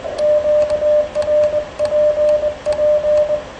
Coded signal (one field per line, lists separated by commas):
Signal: Morse code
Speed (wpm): 20 wpm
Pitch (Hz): 600 Hz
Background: radio noise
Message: QRPP